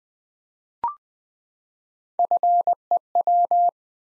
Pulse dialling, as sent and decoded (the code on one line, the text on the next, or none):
none